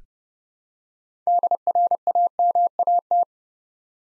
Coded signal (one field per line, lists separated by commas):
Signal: Morse code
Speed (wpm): 30 wpm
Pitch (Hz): 700 Hz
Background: none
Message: DRAMAT